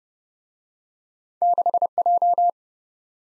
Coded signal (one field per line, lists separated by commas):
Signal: Morse code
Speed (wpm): 25 wpm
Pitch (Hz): 700 Hz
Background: none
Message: 6J